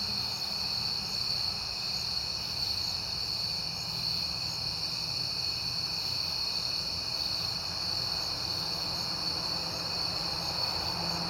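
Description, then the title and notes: Crickets trilling in an unbroken high chorus, several layered tones holding steady throughout, with faint low background hum. At night in September, on a peaceful night. "Night Time: Crickets and Passing Cars. It is September and I have been hearing the crickets a lot, but finally had a peaceful night to make the recording"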